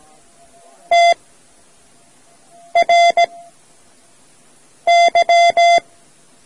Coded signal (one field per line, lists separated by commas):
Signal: Morse code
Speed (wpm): 18 wpm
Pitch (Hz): 690 Hz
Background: none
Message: TRY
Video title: Learning Morse Code: Part-I from Amateur Radio Society of India's audio cassette